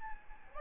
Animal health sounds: mosquito wingbeat signal from an infrared sensor; Aedes albopictus

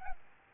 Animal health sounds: mosquito wingbeat signal from an infrared sensor; Aedes albopictus

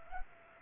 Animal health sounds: mosquito wingbeat signal from an infrared sensor; Culex pipiens

